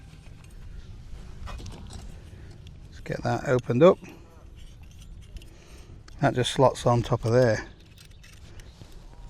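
A metal pan support is opened up and slotted on top of a compact gas camping stove burner, with light metallic clinks and rattles between two stretches of someone talking. The support is handled but not yet pushed home, and nothing has seated or clicked into place by the end.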